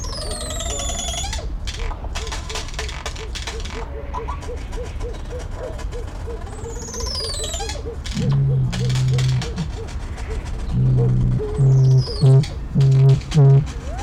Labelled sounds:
Black Curassow call
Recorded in captivity
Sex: pair
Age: adult
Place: Zoo Berlin, Berlin, DE
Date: 1994-03-05 11:04
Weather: heiter, 4°C, Windböen
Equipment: Marantz CP 430, Sennheiser ME 80, Kopie Uher Variocord 263
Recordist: Tembrock, Günter

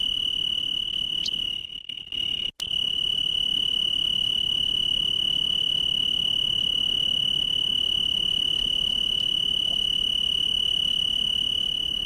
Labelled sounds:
Tree Cricket stridulation
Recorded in the wild
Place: Chania, Insel Kreta, GR
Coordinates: 35.5164, 24.0189
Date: 1996-10-09 19:17
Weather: 18°C, cloudy
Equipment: Sony MD-WM MZ-R3, Sennheiser MKH 416 T, Kopie Uher 4000 Report Monitor
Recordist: Tembrock, Günter
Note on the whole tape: Stridulation und eine Zikade

